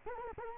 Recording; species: mosquito wingbeat signal from an infrared sensor; Culex quinquefasciatus